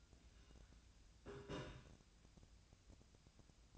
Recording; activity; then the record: daily activity, microphone in the room; take from stove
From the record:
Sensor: 2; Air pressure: 1009.9 hPa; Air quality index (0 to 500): 180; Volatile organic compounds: 10 ppm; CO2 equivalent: 2249 ppm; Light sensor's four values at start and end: 32/79/34/38 and 32/79/34/38